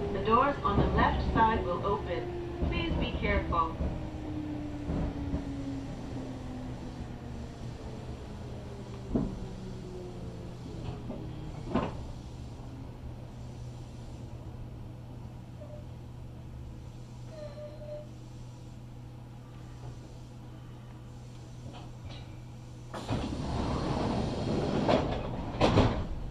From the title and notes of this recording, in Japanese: 近鉄大阪線 急行 名張→大和朝倉。平日のお昼時、そろそろ学生の乗り降りが始まりそうな時間帯です。名張から桜井までは各駅停車になるのでこまめに停車していきます。